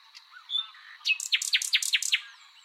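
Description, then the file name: Common nightingale song, a few soft notes followed by a fast run of about six loud, sharply descending repeated notes. "Luscinia megarhynchos"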